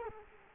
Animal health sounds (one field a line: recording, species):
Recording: mosquito wingbeat signal from an infrared sensor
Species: Culex quinquefasciatus